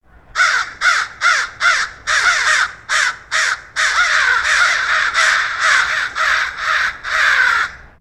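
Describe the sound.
Bird giving loud, harsh caws in a rapid series, many hoarse calls over eight seconds.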